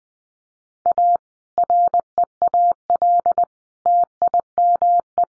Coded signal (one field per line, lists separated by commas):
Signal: Morse code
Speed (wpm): 20 wpm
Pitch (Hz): 700 Hz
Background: none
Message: A REAL TIME